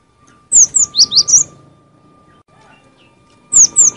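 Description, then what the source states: Lovebird calls, a quick run of shrill falling and rising chirps, then a pause of two seconds before another burst begins. Lure call used for trapping lovebirds.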